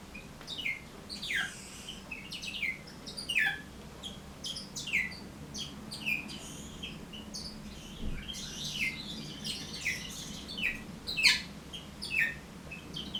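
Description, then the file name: Bourke's parrot twittering song, a continuous run of quick downslurred chirps and soft warbles, over faint low hum. "poet travyanoi rozovobryuxii popugai"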